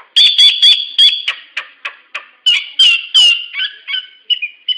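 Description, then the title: Nias hill myna calls, loud clipped whistled notes given in quick succession, some ringing and metallic, others shorter and softer. "Burung jalak nias"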